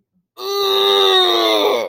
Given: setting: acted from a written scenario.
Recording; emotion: vocal sound without words; anger